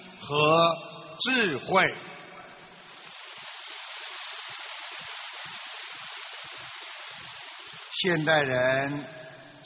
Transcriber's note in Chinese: 掌声